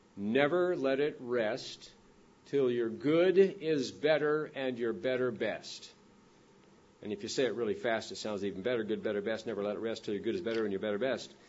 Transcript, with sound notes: never let it rest till your good is better and your better best." And if you say it really fast, it sounds even better [spoken rapidly] "Good, better, best; never let it rest till your good is better and your better best."